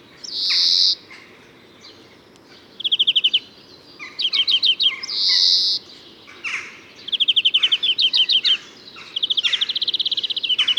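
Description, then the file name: European greenfinch alternating drawn-out nasal wheezes with several bursts of quick, buzzy trilled notes over a low background hiss. "Chloris chloris"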